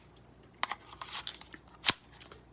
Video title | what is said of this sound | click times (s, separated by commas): Ameta S20 Lite Brushless Beginner Drone Review!!! | and it'll lock into place | 0.6 s, 1.3 s